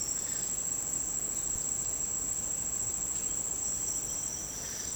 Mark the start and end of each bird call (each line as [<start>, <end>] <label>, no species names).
[1.26, 1.87] bird call